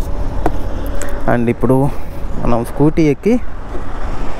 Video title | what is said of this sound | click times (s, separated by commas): 2025 Bajaj chetak EV 3501 full review in telugu | మళ్ళీ push చేసేదాలు lock అయిపోతుంది. | 0.5 s, 1.0 s